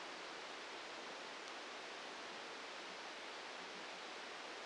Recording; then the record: brain microelectrode recording played as sound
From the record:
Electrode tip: outside the subthalamic nucleus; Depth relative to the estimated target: 3 mm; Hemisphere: left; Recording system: NeuroSet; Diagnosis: Parkinson's disease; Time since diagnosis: 8 years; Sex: male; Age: 46 years